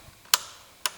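A click-type torque wrench set to a specific torque tightens a fastener on a Mercedes van during filter service. After an earlier try with no click, the wrench gives a sharp click at 0.3 s, and a second, slightly quieter sharp tick follows at 0.9 s. The click confirms the fastener has reached the set torque.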